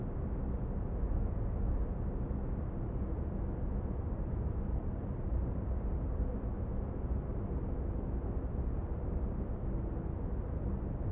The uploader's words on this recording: Pink noise along with a repeating piano melody.